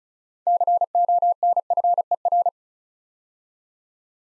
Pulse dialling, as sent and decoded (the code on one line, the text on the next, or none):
none